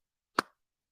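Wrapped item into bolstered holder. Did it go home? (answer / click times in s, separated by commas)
yes / 0.4 s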